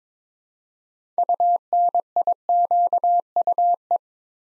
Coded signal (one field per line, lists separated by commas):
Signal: Morse code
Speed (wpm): 22 wpm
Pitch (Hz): 700 Hz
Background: none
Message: UNIQUE